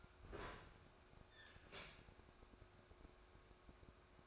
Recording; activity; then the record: daily activity, microphone in the room; open fridge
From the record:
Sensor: 2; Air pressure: 1004.5 hPa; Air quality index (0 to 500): 184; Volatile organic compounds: 10 ppm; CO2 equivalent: 2204 ppm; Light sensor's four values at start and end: 4/11/4/4 and 4/11/4/4